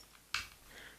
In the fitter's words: Did you hear the click?